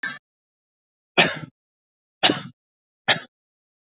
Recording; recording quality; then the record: heavy voluntary cough; excellent, no background noise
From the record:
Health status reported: healthy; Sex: male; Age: 22 years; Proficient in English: yes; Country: India